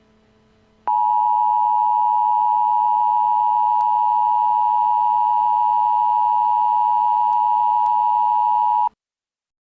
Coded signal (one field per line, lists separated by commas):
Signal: Emergency Alert System (SAME) tones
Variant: 853 and 960 Hz attention tone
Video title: EAS Mock - Unwanted Guest